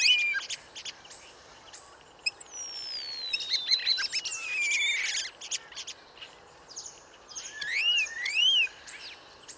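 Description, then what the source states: Common Starlings give long gliding whistles, buzzy rattles and arched whistled notes, several voices overlapping in a busy mixed song. 5 to 8 birds vying vocally atop a plane tree, Bois de Vincennes, foggy cold morning barely 8°C, 1 January 2019; trills, whistles, rolls, calls; Nagra Seven, parabolic mono microphone.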